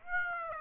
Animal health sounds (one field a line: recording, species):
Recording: mosquito wingbeat signal from an infrared sensor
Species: Aedes aegypti